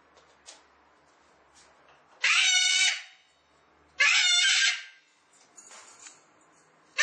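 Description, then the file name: Cockatoo uttering two loud rasping screeches midway, with fainter sounds before and after and another screech starting at the very end. "cacatua"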